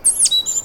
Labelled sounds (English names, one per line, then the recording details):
Stitchbird song
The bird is a male
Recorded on Tiritiri Matangi Island, New Zealand, in 2005
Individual 1, of nest box 1